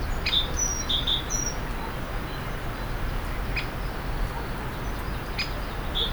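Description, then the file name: Great tit calling: a brief run of high, thin chirps in the first second or so, then one more chirp at the end, against constant low noise. "Parus major"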